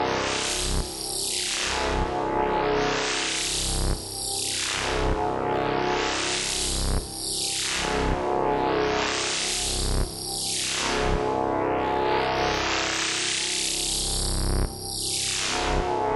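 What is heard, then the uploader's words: Filtered white noise, dense and loud throughout, with a swept band that rises and falls in repeating arcs roughly every three seconds, giving a whooshing, wave-like motion. Steady low humming tones sit underneath, and brief dips punctuate the sweep at regular points. A selection of some of the noise scenes generated algorithmically for the "Cluster" light and sound installation. Sound is generated by analising pixels in a video, and transforming pixel luminance into amplitude of partials, or frequency of a band-pass filter bank applied to white noise.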